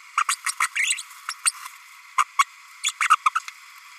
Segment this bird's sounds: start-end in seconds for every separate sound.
0.17-0.23, 0.28-0.36, 0.46-0.52, 0.60-0.68, 0.75-1.02, 1.28-1.34, 1.45-1.52, 2.18-2.23, 2.38-2.44, 2.84-2.92, 3.10-3.16, 3.25-3.30